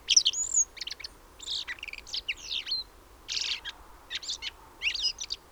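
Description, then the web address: Common blackbird calls: thin, high, scratchy twitters and a sliding whistle, delivered in irregular clusters against a faint steady hiss. "SETE Turdus merula"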